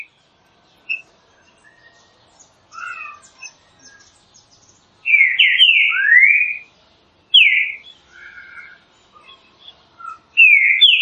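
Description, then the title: Green-winged saltator song: scattered soft notes build into loud, slurred whistled phrases repeated a few seconds apart, with faint high chirps around them. Classic song style (canto clássico) used for training birds. "Canto Clássico Trinca Ferro TREINAMENTO"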